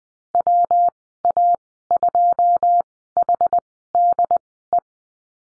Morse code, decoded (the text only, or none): WA2HDE